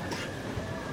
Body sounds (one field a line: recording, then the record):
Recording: coughing mixed with background sound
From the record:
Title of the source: 55 gaggy wet cough